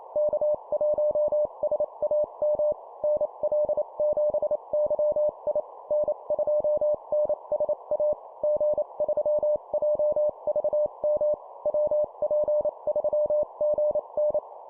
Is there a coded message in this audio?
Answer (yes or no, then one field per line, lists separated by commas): yes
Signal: Morse code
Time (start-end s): 0.2-14.4 s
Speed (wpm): 28 wpm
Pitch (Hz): 600 Hz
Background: none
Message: K1SAM NL7YI N2NSA G3JVM WP3GN